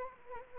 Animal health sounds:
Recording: mosquito wingbeat signal from an infrared sensor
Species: Anopheles arabiensis

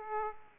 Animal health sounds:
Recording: mosquito wingbeat signal from an infrared sensor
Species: Aedes aegypti

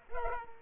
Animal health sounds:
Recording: mosquito wingbeat signal from an infrared sensor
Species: Culex pipiens

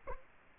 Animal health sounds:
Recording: mosquito wingbeat signal from an infrared sensor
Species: Culex quinquefasciatus

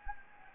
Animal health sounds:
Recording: mosquito wingbeat signal from an infrared sensor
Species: Anopheles gambiae

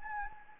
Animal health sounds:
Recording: mosquito wingbeat signal from an infrared sensor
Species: Anopheles gambiae

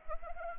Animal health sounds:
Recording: mosquito wingbeat signal from an infrared sensor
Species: Anopheles arabiensis

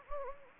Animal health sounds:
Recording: mosquito wingbeat signal from an infrared sensor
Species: Anopheles gambiae

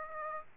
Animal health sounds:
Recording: mosquito wingbeat signal from an infrared sensor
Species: Aedes aegypti

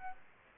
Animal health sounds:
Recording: mosquito wingbeat signal from an infrared sensor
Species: Aedes aegypti

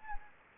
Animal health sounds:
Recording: mosquito wingbeat signal from an infrared sensor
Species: Anopheles gambiae

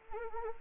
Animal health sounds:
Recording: mosquito wingbeat signal from an infrared sensor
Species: Anopheles arabiensis

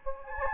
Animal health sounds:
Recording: mosquito wingbeat signal from an infrared sensor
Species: Anopheles gambiae

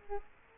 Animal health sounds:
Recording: mosquito wingbeat signal from an infrared sensor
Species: Culex quinquefasciatus

